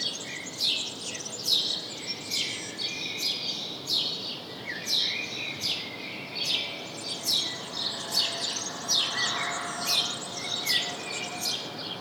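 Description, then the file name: House sparrow chirping, a rapid run of sharp repeated chirps more than once a second, fairly continuous, over soft background hiss. "Passer domesticus"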